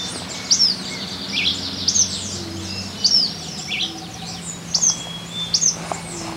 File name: Anairetes nigrocristatus - Black-crested Tit-Tyrant